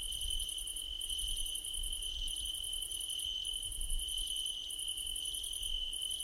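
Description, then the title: Crickets chirp continuously in a high trill with bursts of very high rapid pulses, over a low rumbling background. Crickets at night under a starlit sky. "Nighttime Ambience with Crickets"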